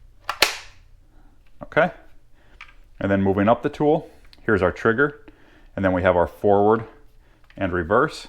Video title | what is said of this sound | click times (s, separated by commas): Greenworks Drill Tutorial Model DDG401 | and then we're just going to slide it in until we hear a click | 0.3 s, 0.4 s